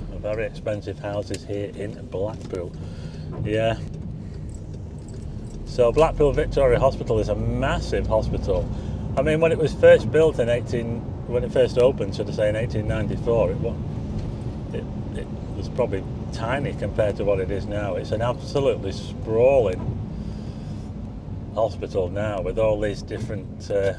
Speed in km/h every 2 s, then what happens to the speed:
24, 18, 18, 24, 32, 39, 42, 40, 39, 39, 39, 34.
4-12 speeds up to 42. 12-20 steady at about 39.